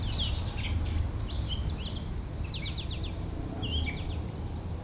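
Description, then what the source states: Backyard birds singing: bursts of quick chirped trills and short twittering phrases over constant low road noise and wind. Backyard birds recorded with wind in trees and road noise.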